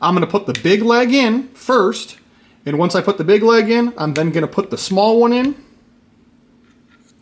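A magazine release part is set into the two holes of a Canik polymer pistol frame, big leg first and then the small leg, while someone talks. The part is mounted in both holes but is not pushed all the way in, and nothing has seated or clicked yet. The talking stops at about 5.6 s, leaving near silence with one faint tick at 7.2 s.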